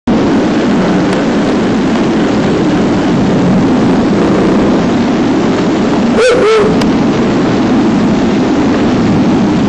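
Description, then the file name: Ural owl giving one brief slurred hoot partway through, otherwise only dense continuous rushing noise. Male, recorded 24 May 2019 at 19:36. "フクロウ♂ 少年の森"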